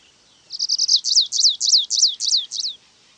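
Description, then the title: Stripe-tailed yellow finch singing: several quick buzzy notes followed by repeated sharp, descending chirps, the whole phrase about two seconds long in near silence. Subspecies Sicalis citrina citrina. "LuckyPassaro Completos2Sama. Stripe-tailed Yellow Finch"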